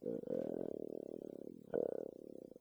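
Two rumbling, bubbling gurgles with a rapid pulsing texture from an adult's abdomen: stomach growling, normal gut sounds.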